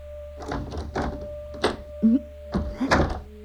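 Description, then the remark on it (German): A locked door is rattled and thumped in a handful of irregular bursts, with a short creak of the handle midway, all over a steady low hum. “Lass meine Tür in Ruhe.”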